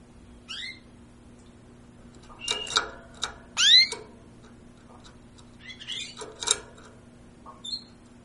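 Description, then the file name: Bird giving scattered harsh, descending squeaky calls in short bursts, with a low constant hum underneath. "aves"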